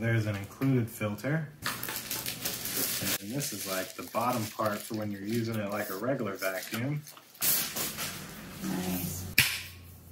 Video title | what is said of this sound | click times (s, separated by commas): Greenote Cordless Vacuum GSC50 Unboxing & Review | even locks into place green note cleaning head very dope | 9.4 s